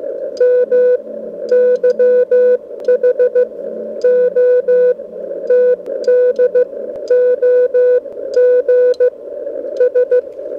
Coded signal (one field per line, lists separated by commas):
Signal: Morse code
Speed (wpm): 15 wpm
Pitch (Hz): 500 Hz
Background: music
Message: MY HOTDOG S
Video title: Belka DX Shortwave Receiver - Closest Thing To A Spy Radio?